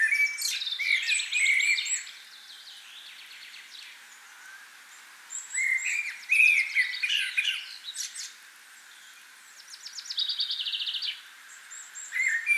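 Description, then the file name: Common blackbird song: several bursts of warbled phrases with high twittering, separated by quieter pauses. "Turdus merula"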